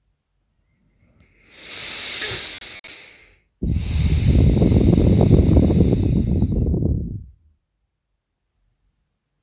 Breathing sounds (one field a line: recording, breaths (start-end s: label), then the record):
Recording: nose breathing near a microphone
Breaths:
0.29-3.66 s: inhalation
3.66-7.14 s: exhalation
From the record:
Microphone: phone